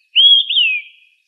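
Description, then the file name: Single olive-sided flycatcher song phrase: a bright whistle rising, then a second slurred note climbing briefly before falling away. Recorded on 19 June 2004. "OSFL 1 deviche"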